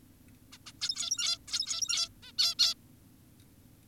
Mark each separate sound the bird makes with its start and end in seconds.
0.52-0.58, 0.66-0.72, 0.81-1.38, 1.48-2.09, 2.23-2.32, 2.38-2.55, 2.59-2.74